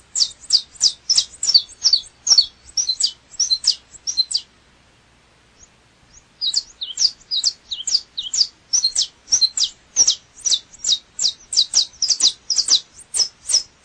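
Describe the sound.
Double-collared seedeater song of rapid, high, scratchy notes, repeated in a quick rhythm, broken by a short silent pause near the middle before the run resumes.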